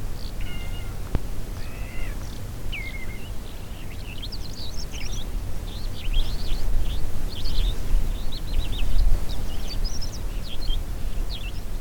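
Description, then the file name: Tibetan lark song: varied, rapid chirps and warbled phrases, with a few clear whistled notes early on, over a steady low rumble. Recorded at Ruoergai, Sichuan, China, on 31 May 2011. "Tibetan Lark Ruoergai Sichuan 31 May 2011 Jvd W"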